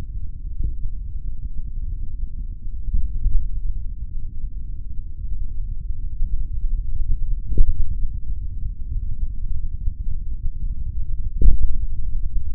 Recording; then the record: forearm muscle sounds (acoustic myography)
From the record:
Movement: finger pinch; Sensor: system 3, bracelet of six PUI Audio POM-2738L microphones around the upper forearm, with dedicated amplification and filtering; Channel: 1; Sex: male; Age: 56 years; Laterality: right